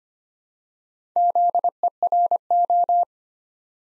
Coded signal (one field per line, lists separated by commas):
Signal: Morse code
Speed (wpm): 25 wpm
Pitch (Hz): 700 Hz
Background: none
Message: ZERO